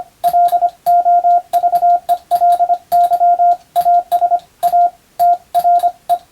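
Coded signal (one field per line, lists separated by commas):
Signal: Morse code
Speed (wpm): 25 wpm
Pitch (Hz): 700 Hz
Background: radio noise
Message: LOVELY AS A TRE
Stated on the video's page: Morse receiving practice in the style of the national radio operator exam, recorded by a first-class radiotelegraph operator.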